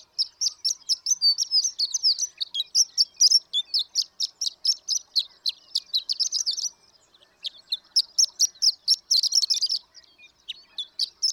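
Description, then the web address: Horned lark delivering long runs of quick, high jingling notes, with two short gaps between bursts. "birdsongforthecurious Horned Lark"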